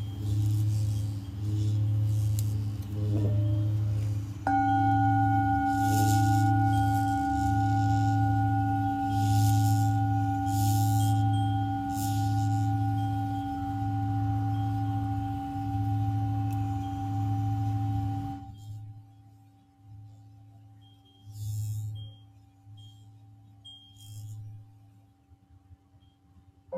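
A Tibetan singing bowl rings with a steady low pulsing hum, joined near five seconds by a clear sustained tone that cuts off around eighteen seconds.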